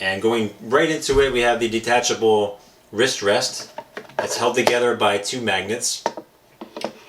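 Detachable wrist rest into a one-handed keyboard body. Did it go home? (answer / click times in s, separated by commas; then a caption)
yes / 6.8 s. Someone talks while the detachable plastic wrist rest is brought against the body of a Redragon K585 one-handed mechanical gaming keyboard. A couple of faint taps precede a sharp click at 6.9 s as the wrist rest's two magnets pull it into place, seating it firmly against the keyboard.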